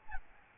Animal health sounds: mosquito wingbeat signal from an infrared sensor; Aedes albopictus

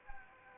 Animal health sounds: mosquito wingbeat signal from an infrared sensor; Anopheles arabiensis

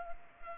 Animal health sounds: mosquito wingbeat signal from an infrared sensor; Culex pipiens

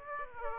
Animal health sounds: mosquito wingbeat signal from an infrared sensor; Aedes aegypti

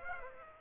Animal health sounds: mosquito wingbeat signal from an infrared sensor; Aedes aegypti

